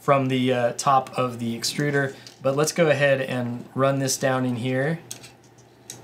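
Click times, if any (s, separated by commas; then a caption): 5.9 s. Someone talks while a part sticking straight up from the top of the extruder is pushed down into the filament path of a Voron 2.4 3D printer with a Dragon Burner upgrade and custom inline filament sensor. A single short click at 5.9 s marks the part seating into the filament sensor housing.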